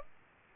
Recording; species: mosquito wingbeat signal from an infrared sensor; Aedes aegypti